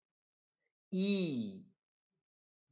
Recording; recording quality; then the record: sustained vowel as in beet; poor, much background noise or distortion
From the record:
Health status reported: healthy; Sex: male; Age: 33 years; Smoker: yes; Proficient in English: yes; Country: India